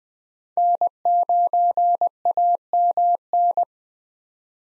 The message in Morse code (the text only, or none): N9AMN